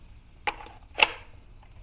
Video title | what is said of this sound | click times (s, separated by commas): TROOZY Mini 6" Battery Powered Chainsaw | locks into place real nice | 1.0 s